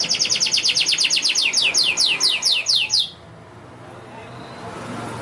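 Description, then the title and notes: Canary giving a fast, even trill of repeated high notes for about three seconds, then stopping, leaving faint background hiss. Young canary song, used as a lure and master recording for training other birds. "Pancingan Kenari Muda. masteran kenari"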